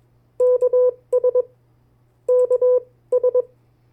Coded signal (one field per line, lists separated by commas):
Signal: Morse code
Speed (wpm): 21 wpm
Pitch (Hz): 500 Hz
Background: none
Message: KS KS